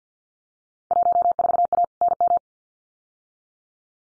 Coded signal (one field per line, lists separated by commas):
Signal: Morse code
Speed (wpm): 50 wpm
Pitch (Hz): 700 Hz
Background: none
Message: 14A NM